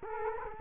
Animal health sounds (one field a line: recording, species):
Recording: mosquito wingbeat signal from an infrared sensor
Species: Culex quinquefasciatus